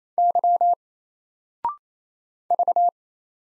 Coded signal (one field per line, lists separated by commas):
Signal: Morse code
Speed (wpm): 27 wpm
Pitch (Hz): 700 Hz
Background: none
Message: Y V